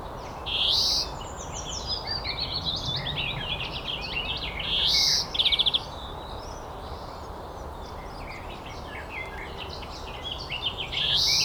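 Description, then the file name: European greenfinch calls: repeated nasal wheezes spaced several seconds apart, one followed by a rapid rattle, with constant high twittering and low background noise. "Chloris chloris"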